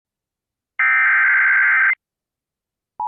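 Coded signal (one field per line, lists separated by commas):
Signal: Emergency Alert System (SAME) tones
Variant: header bursts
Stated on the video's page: Personally captured EAS alerts from one day, compiled.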